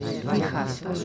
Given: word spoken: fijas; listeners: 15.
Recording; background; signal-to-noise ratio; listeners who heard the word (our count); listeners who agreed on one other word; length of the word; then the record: one Spanish word in noise, from a listening test; eight-talker babble; -1.6 dB; 0 of 15; 6 of 15; 0.64 s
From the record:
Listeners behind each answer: 6, 2, 2, 2, 1, 1, 1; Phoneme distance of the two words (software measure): 17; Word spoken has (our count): 2 syllables, 5 phonemes, stress on syllable 1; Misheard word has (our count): 2 syllables, 4 phonemes, stress on syllable 1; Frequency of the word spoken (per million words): 6.43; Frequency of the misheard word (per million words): 0.39